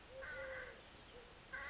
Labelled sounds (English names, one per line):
Eurasian Collared Dove